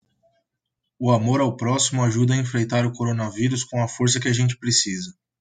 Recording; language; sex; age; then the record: spoken sentence; Brazilian Portuguese; male; 20 to 29 years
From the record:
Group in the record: control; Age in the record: 28 years